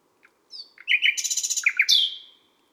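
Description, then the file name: Common nightingale song: one short phrase of rapid chattering notes ending with a sweeping whistle. Recorded at midnight at Les Salelles, Ardèche, France. "Rossignol-philomele-a-minuit-Les-Salelles-Ambiances-Sonores-d Ardeche-Studio-Les-Trois-Becs"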